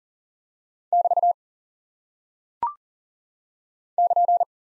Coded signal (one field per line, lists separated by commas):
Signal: Morse code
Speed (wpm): 40 wpm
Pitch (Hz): 700 Hz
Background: none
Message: <BT> <KN>